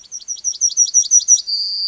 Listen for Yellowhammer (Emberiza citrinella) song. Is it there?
yes